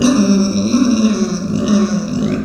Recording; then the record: squeal of a Yucatan mini pig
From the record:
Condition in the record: after surgery on the right vocal fold (resection and tissue-engineered implant); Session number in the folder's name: 9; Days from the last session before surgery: 65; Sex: female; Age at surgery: 19 weeks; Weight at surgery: 25 kg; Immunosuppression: prednisolone